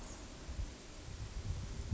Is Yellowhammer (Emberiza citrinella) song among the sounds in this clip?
no